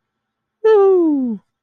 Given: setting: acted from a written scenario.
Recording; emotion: vocal sound without words; triumph